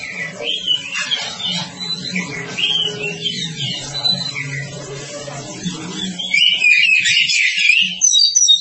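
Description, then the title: Oriental magpie-robin delivers quick, varied high whistled phrases throughout, ending in a loud, dense warbling burst, with a low hum underneath. Long-duration song style (durasi panjang). "Kacer Durasi Panjang"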